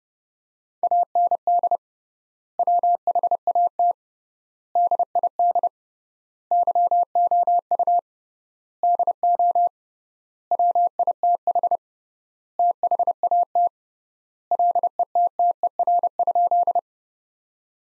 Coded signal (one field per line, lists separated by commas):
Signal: Morse code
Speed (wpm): 30 wpm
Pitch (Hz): 700 Hz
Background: none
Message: AND WHAT DID YOU DO WITH THAT LETTER?